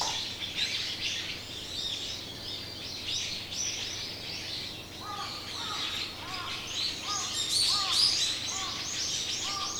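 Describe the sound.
Bird calls, a busy chorus of high chirps with short repeated notes in the second half, over a constant low hum.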